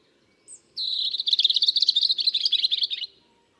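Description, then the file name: European robin song: a thin high note, then a dense, rapid warbling phrase of sweet, tinkling notes lasting about two seconds, in a quiet background. "Erithacus rubecula"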